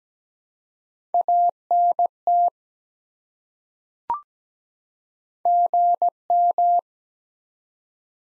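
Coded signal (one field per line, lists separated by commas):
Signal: Morse code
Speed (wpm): 17 wpm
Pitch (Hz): 700 Hz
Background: none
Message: ANT GM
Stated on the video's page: Morse drill of common QSO elements at 17 wpm for head-copy, each sent, then spoken, then sent again.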